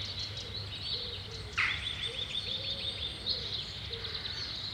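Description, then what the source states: Birds calling: a rapid series of high ticking notes after a sharp upward note, with soft lower chirps and a constant low hum. Birds recorded at Samye Ling.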